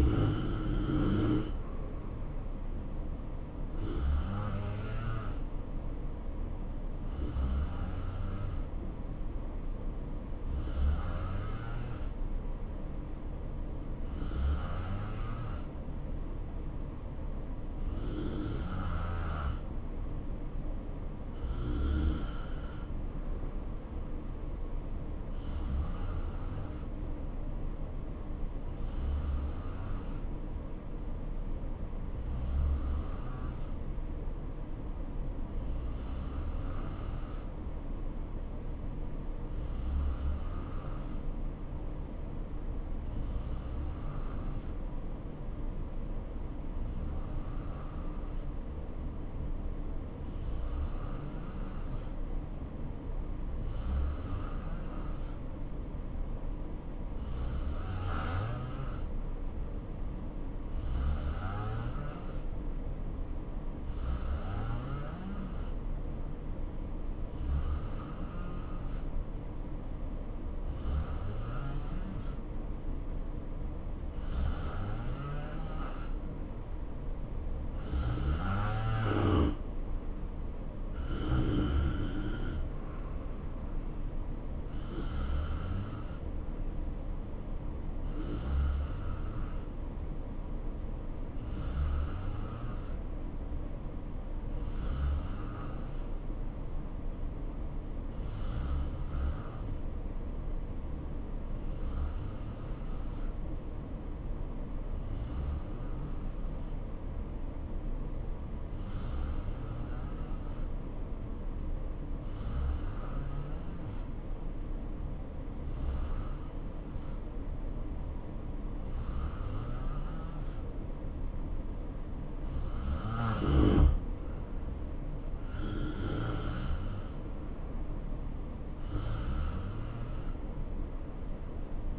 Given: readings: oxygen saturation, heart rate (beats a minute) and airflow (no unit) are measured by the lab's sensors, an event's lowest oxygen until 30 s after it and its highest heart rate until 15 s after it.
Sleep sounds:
breathing in sleep by a smartphone at the bedside; 2
27.00-79.00 s: hypopnea (N2, oxygen 92% highest, then 87% lowest, heart rate 69 at the start, 73 highest)
85.00-124.60 s: hypopnea (N2, oxygen 92% highest, then 88% lowest, heart rate 71 at the start, 72 highest)
From the record:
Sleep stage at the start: N2 (light sleep); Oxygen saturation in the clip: 87 to 92%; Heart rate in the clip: 59 to 73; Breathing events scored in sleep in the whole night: 277 in 7.4 hours asleep

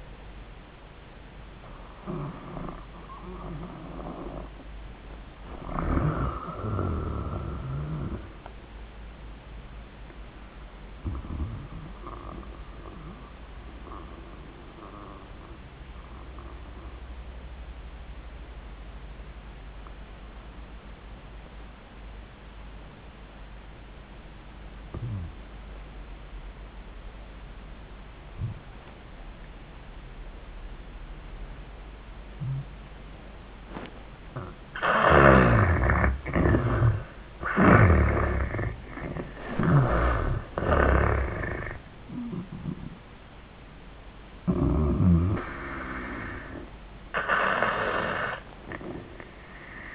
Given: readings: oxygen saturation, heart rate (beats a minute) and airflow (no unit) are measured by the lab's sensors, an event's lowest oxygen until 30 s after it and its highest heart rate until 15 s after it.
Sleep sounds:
breathing in sleep by a voice recorder at the bedside; 1
10.00-36.00 s: hypopnea (N1, oxygen 96% highest, then 78% lowest, heart rate 96 at the start, 97 highest)
21.00-49.95 s: new sleep stage, N2 (light sleep)
From the record:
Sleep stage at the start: N1 (lightest sleep); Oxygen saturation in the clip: 80 to 96%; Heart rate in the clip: 69 to 97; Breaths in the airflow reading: 7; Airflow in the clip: -28.7 to 11.5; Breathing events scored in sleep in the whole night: 400 in 8.7 hours asleep

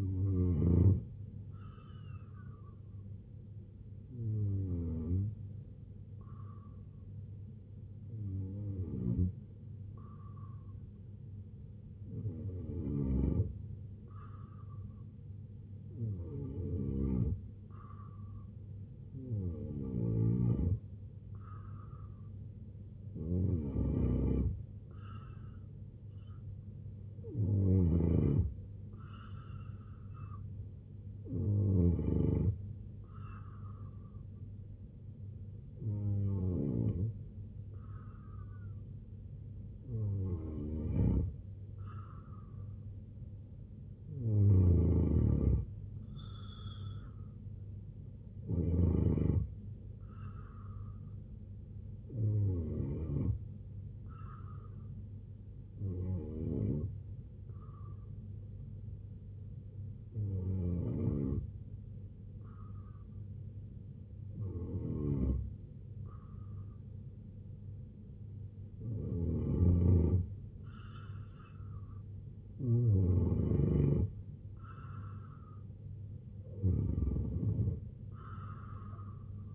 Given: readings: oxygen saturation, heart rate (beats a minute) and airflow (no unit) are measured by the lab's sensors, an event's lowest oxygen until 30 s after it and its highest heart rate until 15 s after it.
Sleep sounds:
breathing in sleep by a smartphone at the bedside; 2
3.00-22.70 s: hypopnea (N2, oxygen 92% highest, then 88% lowest, heart rate 73 at the start, 80 highest)
52.00-71.70 s: hypopnea (N2, oxygen 92% highest, then 88% lowest, heart rate 76 at the start, 83 highest)
From the record:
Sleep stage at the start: N2 (light sleep); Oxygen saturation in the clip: 87 to 92%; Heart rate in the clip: 67 to 81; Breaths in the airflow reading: 20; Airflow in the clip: -3.6 to 6.5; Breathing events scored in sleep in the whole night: 258 in 7.4 hours asleep

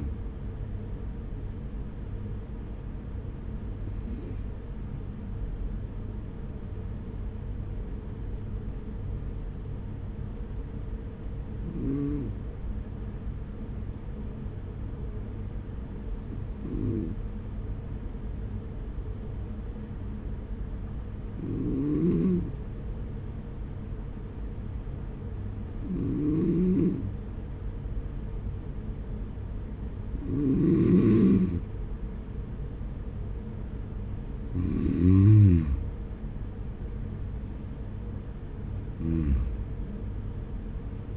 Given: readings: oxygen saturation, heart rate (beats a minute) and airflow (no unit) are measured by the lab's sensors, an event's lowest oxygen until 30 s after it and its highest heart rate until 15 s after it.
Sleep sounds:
breathing in sleep by a smartphone at the bedside; 1
5.00-34.80 s: hypopnea (N1, oxygen 96% highest, then 93% lowest, heart rate 46 at the start, 51 highest)
From the record:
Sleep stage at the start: N1 (lightest sleep); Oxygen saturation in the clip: 93 to 96%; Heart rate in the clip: 46 to 51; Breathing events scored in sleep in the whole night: 210 in 6.9 hours asleep

